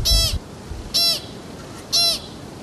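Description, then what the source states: American pika calls: three short, sharp, nasal squeaks with harmonics, evenly spaced about one second apart. Heard in Idaho's mountains.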